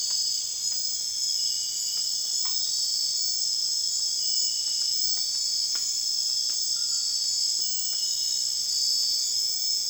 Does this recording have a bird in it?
no